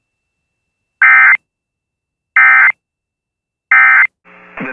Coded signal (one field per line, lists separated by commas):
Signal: Emergency Alert System (SAME) tones